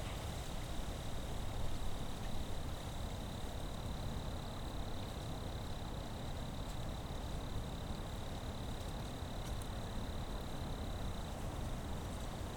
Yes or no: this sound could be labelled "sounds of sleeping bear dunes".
yes